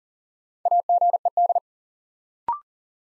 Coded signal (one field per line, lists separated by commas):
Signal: Morse code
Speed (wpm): 42 wpm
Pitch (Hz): 700 Hz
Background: none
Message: AGED